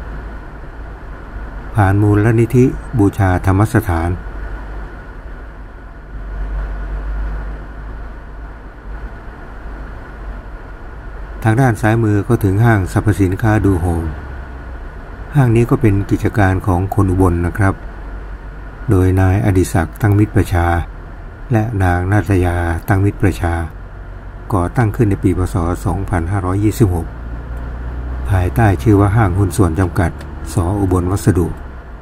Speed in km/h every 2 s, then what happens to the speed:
42, 38, 38, 40, 40, 39, 38, 35, 35, 32, 30, 27, 28, 33, 38, 41.
0-11 steady at about 39. 11-21 slows to 27. 24-32 speeds up to 41.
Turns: none.